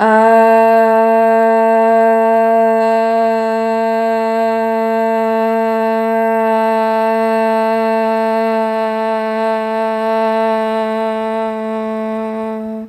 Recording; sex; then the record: sustained vowel /a/; female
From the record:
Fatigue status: no fatigue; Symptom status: symptomatic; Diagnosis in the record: COVID-19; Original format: m4a